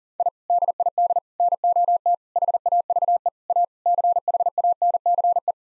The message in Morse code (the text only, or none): I DID NOT HAVE A CHANCE